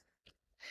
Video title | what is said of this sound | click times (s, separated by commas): Friday Nov 21 Chem | You push them together. And you want to push and pull until you hear a click | 0.3 s